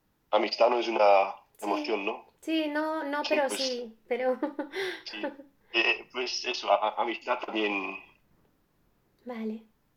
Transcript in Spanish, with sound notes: amistad no es una emoción, ¿no?
Sí, no, no, pero sí, pero… (RISAS)
Sí, pues eso, amistad también.
Vale.